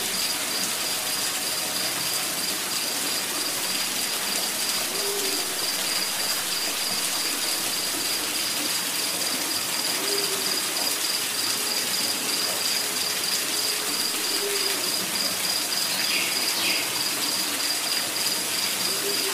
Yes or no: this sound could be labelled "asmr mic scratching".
no